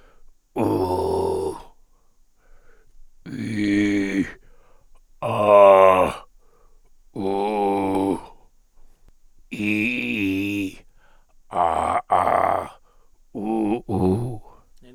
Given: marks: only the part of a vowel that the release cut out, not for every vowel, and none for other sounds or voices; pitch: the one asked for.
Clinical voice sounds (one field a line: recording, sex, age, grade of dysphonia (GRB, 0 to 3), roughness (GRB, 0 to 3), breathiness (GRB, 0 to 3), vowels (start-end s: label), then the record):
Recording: sustained vowels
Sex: male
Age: 60 to 69 years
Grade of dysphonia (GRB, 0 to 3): 3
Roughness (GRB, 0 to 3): 3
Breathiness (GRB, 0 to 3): 2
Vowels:
0.88-1.44 s: vowel /u/, high pitch
3.58-4.17 s: vowel /i/, low pitch
5.49-6.03 s: vowel /a/, low pitch
7.35-7.94 s: vowel /u/, low pitch
9.67-10.62 s: vowel /i/, low-high-low pitch
11.68-12.54 s: vowel /a/, low-high-low pitch
13.45-14.29 s: vowel /u/, low-high-low pitch
From the record:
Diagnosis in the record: dysphonia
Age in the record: 60 years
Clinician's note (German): Bei Verdacht auf Leukoplakie, R2 H2 B2; 1. Aufn. prä OP, OP